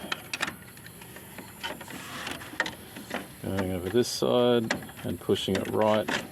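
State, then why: Not seated. A plastic side cover is being handled onto the frame of a Brother MFC-L3770CDW laser printer during a power supply replacement, pushed over on one side. Someone talks while light plastic taps and knocks are heard, with sharp transients around 0.1–0.4 s and 2.6 s, and a whirring mechanical hum in the second half. The cover has not clicked or seated yet.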